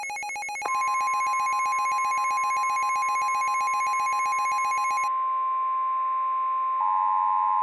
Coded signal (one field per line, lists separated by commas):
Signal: Emergency Alert System (SAME) tones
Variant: 1050 Hz attention tone